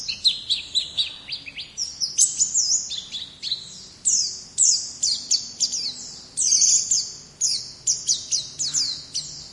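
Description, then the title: White-eye song, long fast sequence of sharp, high chipping notes and downslurred twitters, rhythmic and almost unbroken throughout. "Pleci"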